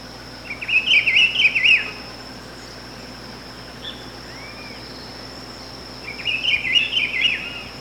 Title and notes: Áudio do pio do pitiguari. Fonte: WikiAves.